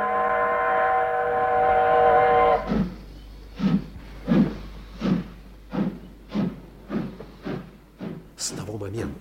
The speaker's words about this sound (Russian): Поезд отошел от станции